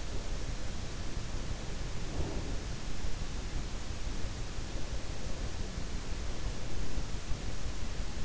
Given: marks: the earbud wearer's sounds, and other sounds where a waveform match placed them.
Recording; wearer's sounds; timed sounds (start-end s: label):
sounds in sleep by an in-ear microphone; breath
1.71-3.08 s: breath